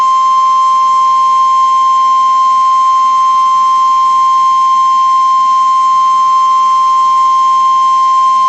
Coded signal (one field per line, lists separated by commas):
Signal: Emergency Alert System (SAME) tones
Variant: 1050 Hz attention tone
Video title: NOAA Weather Radio · WXK80 Lafayette, Louisiana · EAS #6 · Severe Thunderstorm Warning · 12/28/24